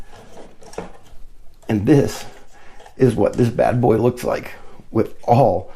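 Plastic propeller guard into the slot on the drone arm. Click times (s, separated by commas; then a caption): 0.7 s, 0.8 s. A plastic propeller guard for a CXJ C16 drone is slid into the slot on the front of the drone arm and pushed in until it snaps home. Sharp snaps are heard at 0.7 s and 0.8 s as it seats firmly and holds well, and then someone talks.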